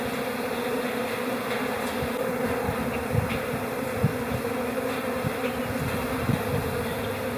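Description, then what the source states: Honey bees humming inside a hive, an even buzzing drone with occasional soft low knocks throughout. Honey bee hive chatter recorded in April.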